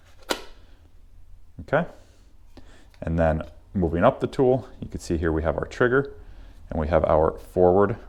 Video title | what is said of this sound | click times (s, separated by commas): DCA Cordless Drill Tutorial and Demonstration Model ADJZ2035 | here with these two grooves here and just push in until you hear a click. Okay. | 0.3 s